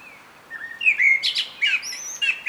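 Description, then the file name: Common blackbird song: a soft whistled opening, then fluty warbles mixed with sharp, high squeaky notes in a lively phrase. "Turdus merula"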